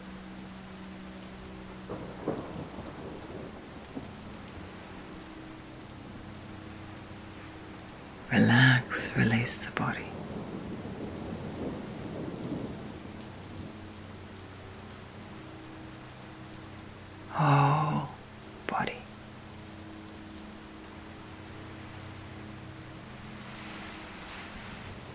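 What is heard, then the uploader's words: Steady rain hisses throughout the storm, over a low, rolling rumble. Two loud, sharp thunder cracks break through, one around nine seconds and another near eighteen, each followed by a shorter second burst. A softer rumble stirs at about two seconds. Background storm and rain sounds.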